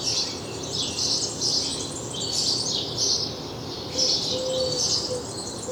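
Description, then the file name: House sparrow chirps in short bright clusters, repeated irregularly throughout, with a faint low tonal note heard briefly near the end. "Passer domesticus"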